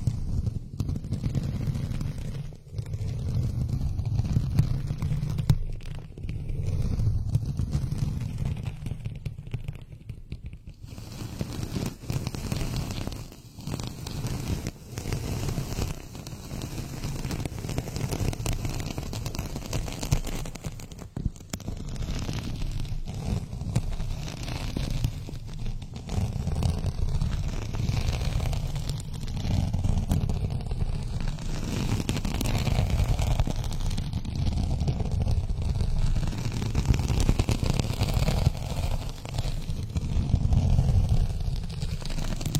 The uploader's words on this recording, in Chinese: 刮擦专场｜指甲磨麦。